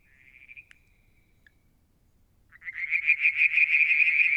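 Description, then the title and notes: A few faint frog pulses and a thin tone, then after a pause a loud fast series of pulsed frog calls begins. Calling one evening near a water tank at Mount Wilson, New South Wales, Australia, July 2022. "Frog song, Mount Wilson, New South Wales, Australia in July 2022 – by Alexander Moffatt. Limnodynastes Peronii, Litoria Verreauxii and a mystery frog one evening near the water tank"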